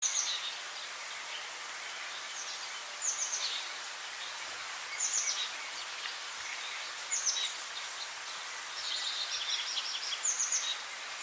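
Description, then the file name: Bird song in short bursts of high, thin chirps and trills, returning every few seconds over a steady hiss of background noise. "Oiseau"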